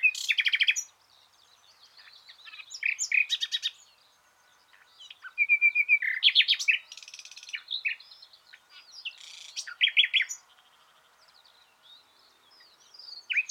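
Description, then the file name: Common nightingale singing varied phrases separated by short silences, with fast repeated notes, a steady whistled note and rich, buzzy bursts. "Luscinia megarhynchos"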